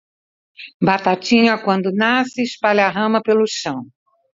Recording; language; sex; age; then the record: short text; Brazilian Portuguese; female; 60 to 69 years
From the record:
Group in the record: control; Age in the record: 68 years